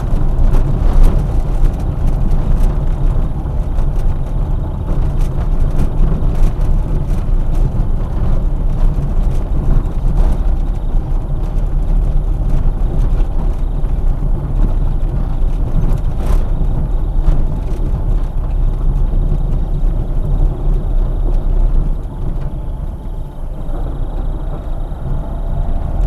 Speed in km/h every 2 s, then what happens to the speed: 20, 19, 19, 18, 16, 17, 17, 17, 15, 15, 11, 13, 16.
0-14 steady at about 17. 14-20 slows to 11.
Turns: 16-26.